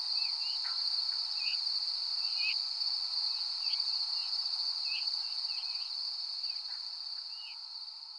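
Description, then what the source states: Veery calls: brief slurred notes repeated irregularly, roughly two or three a second, over a steady loud cricket drone that softens toward the end. Descending calls at Danby on 13 August 2020 at 05:30.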